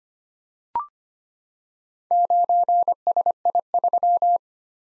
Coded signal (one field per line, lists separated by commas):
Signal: Morse code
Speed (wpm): 25 wpm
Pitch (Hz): 700 Hz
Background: none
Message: 9SI3